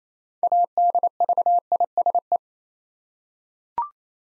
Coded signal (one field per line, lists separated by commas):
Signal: Morse code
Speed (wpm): 27 wpm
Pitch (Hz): 700 Hz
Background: none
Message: ADVISE